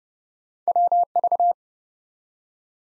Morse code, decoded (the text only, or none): WV